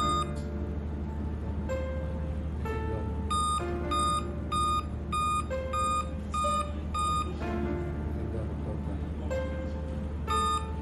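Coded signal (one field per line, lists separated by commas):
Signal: beep code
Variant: Dell laptop BIOS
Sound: a series of about seven short, equal electronic beeps repeating roughly every 0.6 s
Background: background music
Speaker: while waiting for it to boot up I heard seven beeps and saw no display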